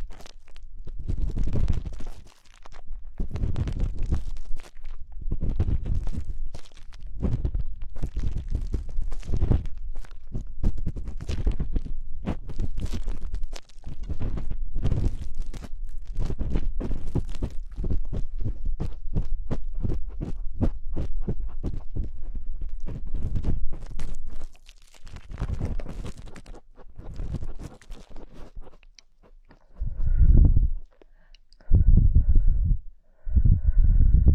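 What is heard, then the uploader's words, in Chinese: Ear cleaning with various sticks: muffled rubbing thumps repeat in quick, fairly regular bursts, each with a faint crackly scratch on top. After about 25 seconds the strokes thin out, with short silent gaps and a few heavier, isolated rubs near the end. 用各种棒棒清理你的耳朵。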